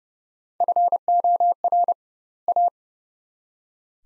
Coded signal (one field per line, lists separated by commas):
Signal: Morse code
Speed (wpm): 29 wpm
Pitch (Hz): 700 Hz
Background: none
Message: FOR A